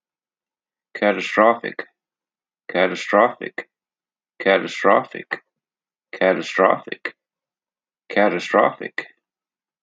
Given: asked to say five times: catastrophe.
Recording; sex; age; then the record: repeated word; male; 50 to 59 years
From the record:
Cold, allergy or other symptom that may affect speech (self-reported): no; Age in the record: 55 years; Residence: Ohio, United States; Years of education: 12